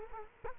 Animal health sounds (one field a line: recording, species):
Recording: mosquito wingbeat signal from an infrared sensor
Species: Culex quinquefasciatus